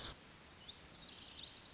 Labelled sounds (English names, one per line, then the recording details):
Lazuli Bunting
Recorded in Sonoma County, California